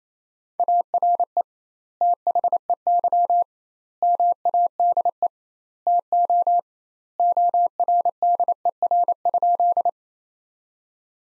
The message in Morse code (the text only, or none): ARE THEY MADE TO ORDER?